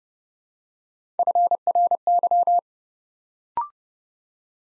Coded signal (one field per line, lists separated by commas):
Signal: Morse code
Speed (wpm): 30 wpm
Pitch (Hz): 700 Hz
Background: none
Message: FRY